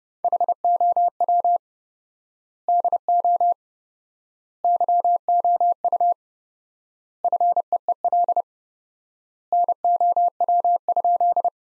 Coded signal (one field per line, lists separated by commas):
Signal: Morse code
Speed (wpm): 32 wpm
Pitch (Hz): 700 Hz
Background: none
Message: HOW DO YOU FEEL NOW?